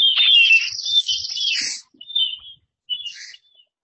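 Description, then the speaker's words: Marbled Murrelet calls: a harsh burst of shrill keer notes, then two shorter separate calls trailing off into quiet. Played-back recording of the calls. "And I'm going to play a little audio clip of what murrelets sound like."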